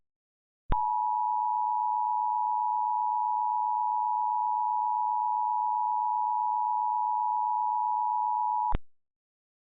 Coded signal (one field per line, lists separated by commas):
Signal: Emergency Alert System (SAME) tones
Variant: 853 and 960 Hz attention tone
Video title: Total Catastrophe: Remastered (Full EAS Scenario)